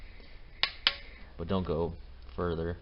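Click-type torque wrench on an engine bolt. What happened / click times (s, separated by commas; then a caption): Torque wrench clicks at its set torque on the re-check / 0.6 s, 0.9 s. A click-type torque wrench is re-applied to an engine bolt on a 5.3 Vortec while the bolts are double-checked after a cam install. Two sharp clicks come at 0.6 s and 0.9 s, showing the wrench has reached its torque setting, and someone talks afterward.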